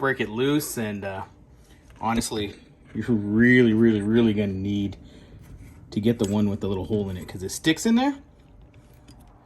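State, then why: Not seated. Someone talks while a metal lockring removal tool with a small pin hole is fitted into the splines of a bicycle hub's cassette or center lock rotor lockring, where it sticks. Two faint, brief knocks are heard near the end at about 8.7 and 9.1 seconds. Nothing has seated or clicked into place yet.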